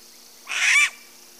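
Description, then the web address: Striped owl alarm call, one rough, hissing shriek of about half a second with a thin whistle running through it, set against steady low hiss. Alarm calls from a pair; eastern lowlands of South America. "Natures Songs S America Eastern Lowlands 141-03 Asio clamator, alarm calls pair"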